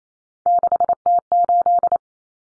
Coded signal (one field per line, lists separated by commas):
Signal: Morse code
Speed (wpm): 28 wpm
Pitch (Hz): 700 Hz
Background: none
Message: 6T8